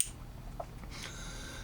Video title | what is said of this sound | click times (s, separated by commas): Star Firearms F series .22lr project pt.2 Thumb Safety fix | It does have the positive click on and off, | 0.0 s